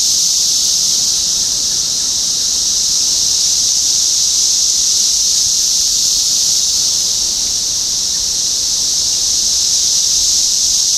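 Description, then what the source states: Chorus of cicadas, a constant shrill buzzing wash, steady in pitch and volume throughout. Several cicadas recorded in Topeka, Kansas, on 14 June 2015.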